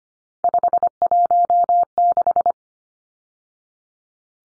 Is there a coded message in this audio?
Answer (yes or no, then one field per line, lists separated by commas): yes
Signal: Morse code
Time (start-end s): 0.4-2.5 s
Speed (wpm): 25 wpm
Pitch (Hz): 700 Hz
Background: none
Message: 516